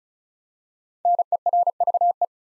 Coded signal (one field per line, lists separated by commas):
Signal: Morse code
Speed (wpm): 36 wpm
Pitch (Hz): 700 Hz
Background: none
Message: NERVE